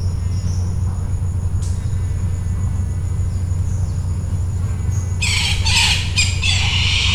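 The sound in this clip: Bird squawks burst in near the end, rough and noisy, over a constant low hum.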